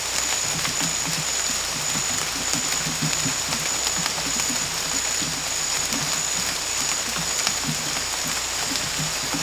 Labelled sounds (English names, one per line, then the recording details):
none
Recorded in dense forest near Puerto Asís, Putumayo, Colombia, on 18 December 2024 at 00:30
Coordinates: 0.481, -76.323
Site G100